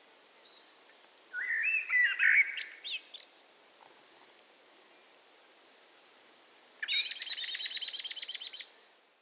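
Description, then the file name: Eurasian blackbird song phrase, mellow and warbled with a squeaky ending, followed later by a fast rattling series of high buzzy twitter notes. "Turdus merula"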